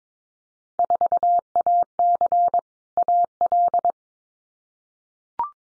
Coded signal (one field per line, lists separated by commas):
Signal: Morse code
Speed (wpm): 22 wpm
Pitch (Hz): 700 Hz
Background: none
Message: 4AC AL